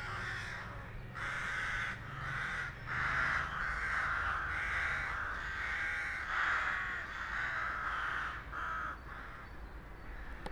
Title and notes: Josef-Bueb-Straße, 79206 Breisach am Rhein, Deutschland - Krähen und Straßenlärm. Kleiner Park nähe Rheinufer. Straßen- und Krähenlärm